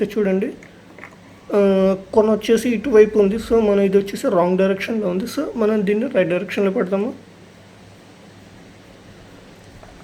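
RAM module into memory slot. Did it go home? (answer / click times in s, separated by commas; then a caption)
no / none. A RAM module is turned to the right direction and lined up in a memory slot, ready to be pressed down, while someone talks through most of the clip. The talking stops after about 7 seconds, leaving quiet background noise. Nothing has seated or clicked yet.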